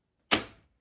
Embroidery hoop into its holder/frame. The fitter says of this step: snaps right into there and down here then I will put my